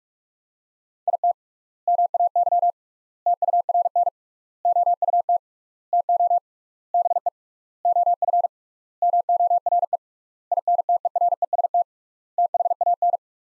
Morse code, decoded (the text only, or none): IT MAY TURN OUT TO BE OF MORE INTEREST THAN